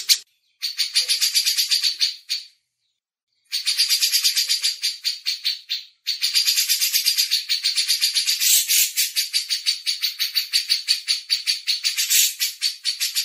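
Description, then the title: Grey-cheeked Bulbul repeating harsh buzzy notes in quick succession, three runs with brief pauses, the last one long and steady. Masteran tutor recording for training songbirds. "MASTERAN CUCAK JENGGOT"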